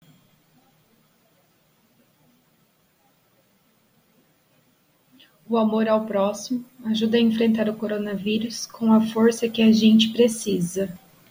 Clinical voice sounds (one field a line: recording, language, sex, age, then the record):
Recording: spoken sentence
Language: Brazilian Portuguese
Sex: female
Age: 20 to 29 years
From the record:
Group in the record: control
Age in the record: 29 years